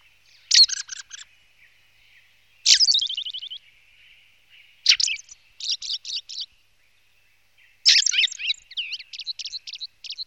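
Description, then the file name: Ring ouzel song in four separate bursts a few seconds apart, each of sharp high notes and rapid twittering, over a faint steady background tone. "kos-horský"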